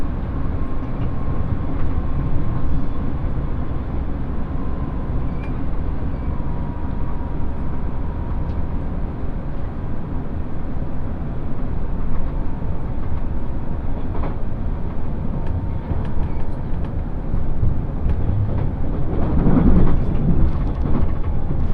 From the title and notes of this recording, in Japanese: 鉄道旅 予讃線特急いしづち101号 今治→松山。列車はアンパンマン編成の5両で4両が自由席になります。意外と学生が通学で利用するので混雑しています。停車駅は伊予北条のみで35分くらいノンストップになります。